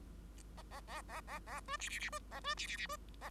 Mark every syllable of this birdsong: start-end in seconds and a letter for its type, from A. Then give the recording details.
0.57-0.62 A, 0.70-0.81 A, 0.87-1.01 A, 1.08-1.21 A, 1.27-1.39 A, 1.46-1.60 A, 1.68-1.77 B, 1.79-1.89 C, 1.89-1.99 C, 1.99-2.10 C, 2.12-2.19 B, 2.31-2.40 A, 2.44-2.55 B, 2.57-2.67 C, 2.67-2.77 C, 2.77-2.87 C, 2.89-2.96 B, 3.21-3.30 A. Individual Bird5